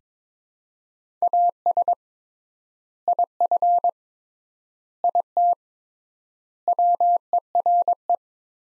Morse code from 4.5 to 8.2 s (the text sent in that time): IT WERE